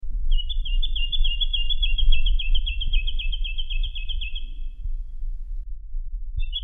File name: suara jacky winter